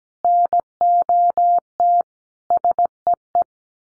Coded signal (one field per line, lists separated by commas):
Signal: Morse code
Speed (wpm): 17 wpm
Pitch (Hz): 700 Hz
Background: none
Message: NOT SEE